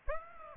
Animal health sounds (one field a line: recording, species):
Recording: mosquito wingbeat signal from an infrared sensor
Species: Aedes aegypti